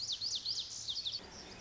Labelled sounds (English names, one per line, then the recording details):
Lazuli Bunting
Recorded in Sonoma County, California